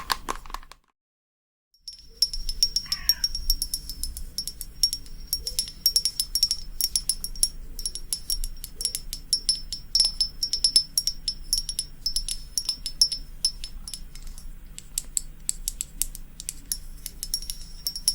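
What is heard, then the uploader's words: After a brief silent gap, rapid crisp nail tapping sounds, dense and irregular, with sharp bright clicks over a faint low hum. ASMR Relaxing Tapping for the BEST Sleep & Tingles long nails + no talking.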